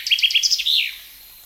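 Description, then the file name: Common chaffinch song: a quick run of bright, high, evenly repeated chirping notes that ends in a short descending flourish, then quiet. "Fringilla coelebs"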